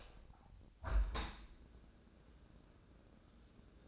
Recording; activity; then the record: daily activity, microphone in the room; open window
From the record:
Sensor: 2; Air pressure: 1012.2 hPa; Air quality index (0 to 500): 126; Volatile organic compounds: 1 ppm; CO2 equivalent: 936 ppm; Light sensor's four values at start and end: 109/263/108/107 and 108/260/107/106